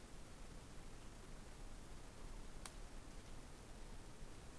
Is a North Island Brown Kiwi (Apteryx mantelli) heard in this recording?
no